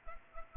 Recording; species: mosquito wingbeat signal from an infrared sensor; Culex pipiens